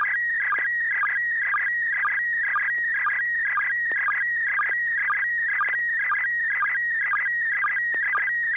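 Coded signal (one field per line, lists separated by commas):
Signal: SSTV (slow-scan television)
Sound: warbling, chirpy tone repeating in fast regular lines with short low sync blips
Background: low steady hum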